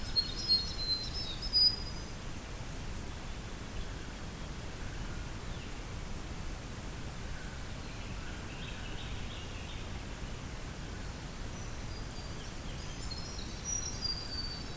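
Birds sing faintly over a steady low rumble of river water. High chirping phrases come near the start, around the two-second mark, and again in the last few seconds, with softer calls scattered through the middle. The water noise stays even throughout.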